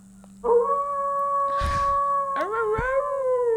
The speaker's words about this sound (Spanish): Un aullidito.